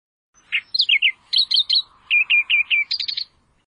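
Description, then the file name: Australian reed warbler song, a rapid run of high-pitched phrases of repeated notes, some slurred downward, others short and clipped. "suara kicauan burung kerakbasi australia. omkicau"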